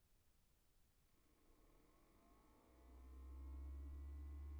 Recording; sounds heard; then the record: poultry house recording; no chicken sound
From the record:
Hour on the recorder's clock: 23